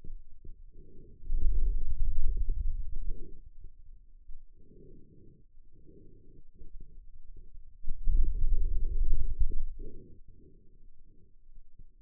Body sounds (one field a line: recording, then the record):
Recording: forearm muscle sounds (acoustic myography)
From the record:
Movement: hand opening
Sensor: system 2, bracelet of six BSWA MPA416 microphones around the upper forearm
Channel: 4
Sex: male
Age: 22 years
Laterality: right